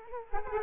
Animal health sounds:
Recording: mosquito wingbeat signal from an infrared sensor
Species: Culex quinquefasciatus

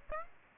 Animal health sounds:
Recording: mosquito wingbeat signal from an infrared sensor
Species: Aedes aegypti

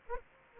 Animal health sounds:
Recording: mosquito wingbeat signal from an infrared sensor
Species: Aedes aegypti

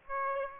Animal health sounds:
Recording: mosquito wingbeat signal from an infrared sensor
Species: Aedes aegypti

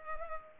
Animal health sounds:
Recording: mosquito wingbeat signal from an infrared sensor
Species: Culex pipiens

